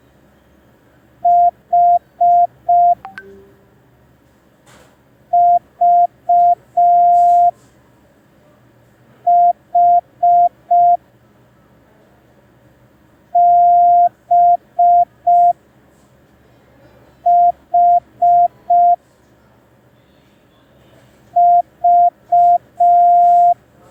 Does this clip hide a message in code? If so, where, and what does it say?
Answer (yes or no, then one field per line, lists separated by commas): yes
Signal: Morse code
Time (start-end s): 1.3-23.5 s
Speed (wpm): 5 wpm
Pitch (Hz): 700 Hz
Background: none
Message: H V H B H V